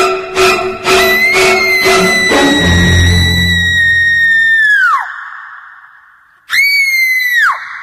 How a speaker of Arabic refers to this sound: سمعت صوت إيناس تصيح في انبهار. مها، لم أدري قد أنكم بهذا الثراء.